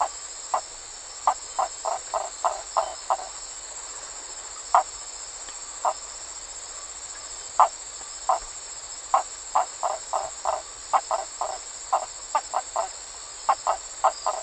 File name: Hyla geographica